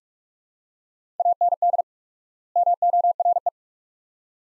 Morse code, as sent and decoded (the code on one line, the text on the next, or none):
.- -. -.. / -- --- .-. .
AND MORE